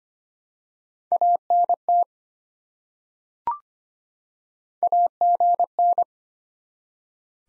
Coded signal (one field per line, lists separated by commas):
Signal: Morse code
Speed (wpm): 25 wpm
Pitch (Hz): 700 Hz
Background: none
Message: ANT AGN